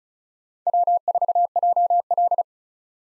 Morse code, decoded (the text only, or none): W4JL